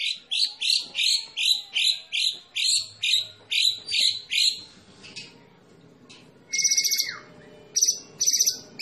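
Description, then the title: White-rumped shama song: a rapid series of rising, ringing notes, then a pause and a few buzzy high bursts. Masteran tutor recording of a champion white-rumped shama, made for training songbirds. "Masteran Murai Batu Juara"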